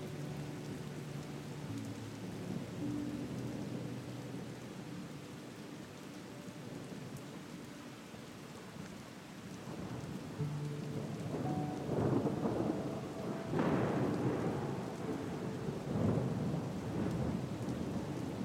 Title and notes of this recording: MUSIC, THUNDER, and RAIN. Harmonious music that blends with the reassuring sound of thunder and rain